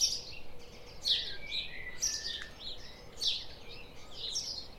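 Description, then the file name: House sparrow chirps, bright clipped notes about once a second, some overlapping, over a steady hiss. "Passer domesticus"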